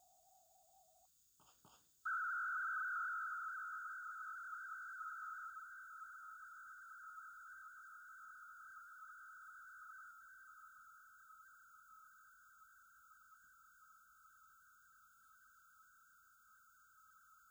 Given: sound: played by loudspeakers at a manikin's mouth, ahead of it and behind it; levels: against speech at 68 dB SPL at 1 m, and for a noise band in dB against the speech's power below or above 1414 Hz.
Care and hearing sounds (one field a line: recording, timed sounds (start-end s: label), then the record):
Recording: test signals for a remote microphone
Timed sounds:
0.00-1.05 s: noise band at 707 Hz, as loud as that band is in speech
1.43 s: click
1.68 s: click
2.05-17.51 s: noise band at 1414 Hz, as loud as that band is in speech
From the record:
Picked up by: remote receiver E, fed by microphone B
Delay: 43 ms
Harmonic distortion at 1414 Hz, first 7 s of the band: under -44 dB